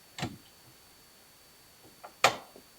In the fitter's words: heard the click now that's that